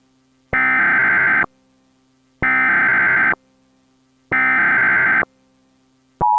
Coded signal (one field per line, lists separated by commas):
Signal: Emergency Alert System (SAME) tones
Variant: header bursts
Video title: The Great Tornado of the Carolina Coast [EAS Scenario]